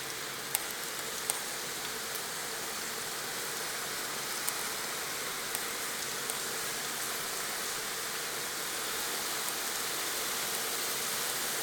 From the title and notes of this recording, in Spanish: Lluvia. Agua.